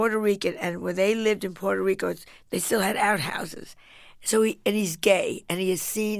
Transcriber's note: none